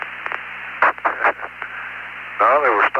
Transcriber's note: laughter